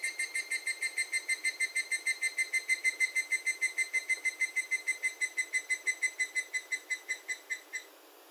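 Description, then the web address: Bird giving a long, even run of clear whistled notes at a steady pitch, stopping abruptly near the end. "yacho koe"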